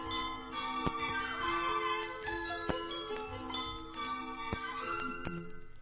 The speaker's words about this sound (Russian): Весело вы живете, мальчик-колокольчик, и у вас целый день музыка. Динь-динь-динь, вот уж нашел у нас веселье.